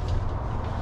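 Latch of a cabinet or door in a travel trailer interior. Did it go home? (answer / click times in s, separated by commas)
no / none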